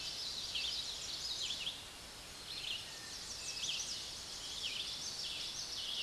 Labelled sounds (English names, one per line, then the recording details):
Chestnut-sided Warbler song
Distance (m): 20 m
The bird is about 5 m above the microphone
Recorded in a Pennsylvania forest on 16 May 2024 at 06:02
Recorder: AudioMoth, point MSD-2258
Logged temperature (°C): 15.2 °C
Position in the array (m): 138 m, 91 m